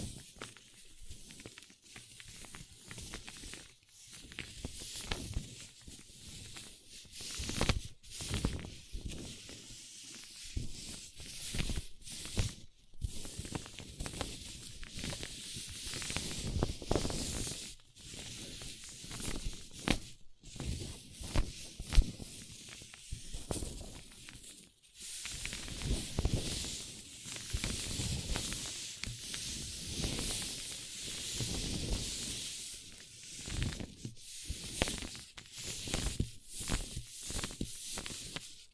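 A paper cup is handled continuously, producing dense crinkling and scratching with a bright, hissy texture. Short pauses and sharper crackles break the rustling every few seconds, with brief near-silent gaps around 8, 13, 18 and 25 seconds.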